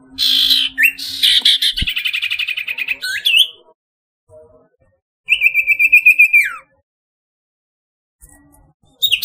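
Barn owl rasping screeches: a long buzzy pulsed call dropping to a squeal, a pause, then another pulsed screech.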